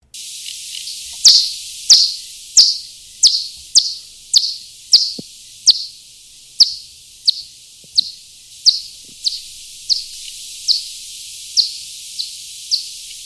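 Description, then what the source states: Long-fingered bat calls: high, short chirps repeated roughly every half to one second, gradually fading, over a steady hiss. Played at the start of the programme, before the theme tune; audible calls, not ultrasound.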